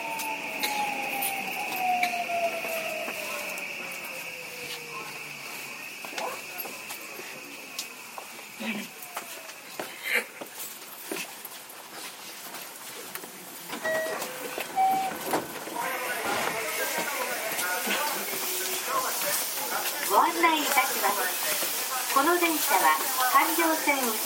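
A JR 323 series train, its motor whine sliding downward over the first seconds beside a steady high tone that stops near ten seconds. Scattered clicks and voices follow, and from about fifteen seconds the sound grows busier and louder with short chirping tones.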